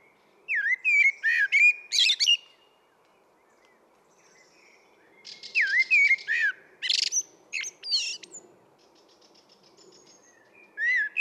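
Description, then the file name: Common blackbird delivering repeated phrases of deep fluted whistles, each finishing in a high scratchy flourish, separated by short pauses, with soft background hiss. "Turdus merula"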